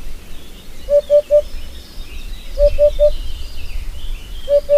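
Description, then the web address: Eurasian hoopoe call: soft, hollow, low 'oop-oop-oop' triplets repeated every couple of seconds. "Madardalok Búbosbanka"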